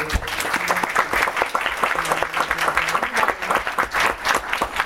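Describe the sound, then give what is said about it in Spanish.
Audience applause for the panel speakers at an international law seminar, filling the whole stretch: a dense, steady patter of many hands clapping at an even loudness, with a faint murmur of voices underneath. “Un aplauso para ellos.”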